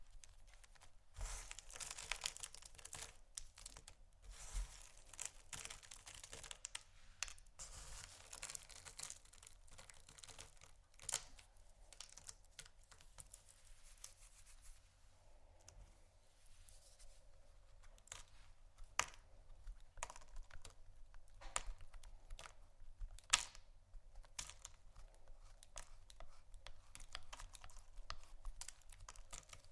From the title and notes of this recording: ASMR Soap & Candle Carving （No Talking）.